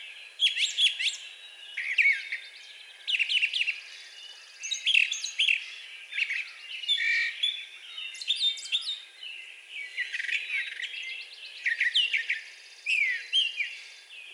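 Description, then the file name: Brown thrasher song: a long run of varied, rich phrases of chirps, whistles and harsh notes, delivered in short bursts with brief pauses between them. Recorded 4 June 2020. "2020-06-04 Brown Thrasher"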